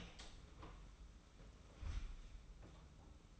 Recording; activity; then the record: daily activity, microphone in the room; open door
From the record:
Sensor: 1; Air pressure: 991.5 hPa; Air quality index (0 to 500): 133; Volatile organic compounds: 477 ppm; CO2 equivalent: 4789 ppm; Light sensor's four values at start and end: 36/116/46/47 and 36/116/45/47